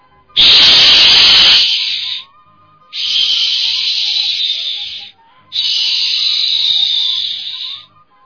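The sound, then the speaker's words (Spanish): Three long, piercing shrieks from a replica Aztec death whistle, emulating the warriors' death whistles, each lasting about two seconds with brief gaps between. They are loud, breathy and scream-like, and the first one starts with a rough, noisy burst. “Entonces, lo que hemos hecho es emular el sonido que tenían esos silbatos de la muerte guerrero.”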